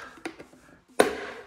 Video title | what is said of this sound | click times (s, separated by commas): Rhino Rack Pioneer Platform - Backbone - 5th Gen Toyota 4Runner Install | there you go you will hear it pop just do the same on the other side here | 1.0 s